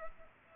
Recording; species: mosquito wingbeat signal from an infrared sensor; Culex pipiens